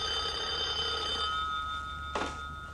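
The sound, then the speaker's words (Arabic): A telephone rings with a steady, high-pitched electronic tone that holds for over a second, fades, and is followed by a brief burst of rustling noise, like a receiver being picked up. “ردي على التليفون.”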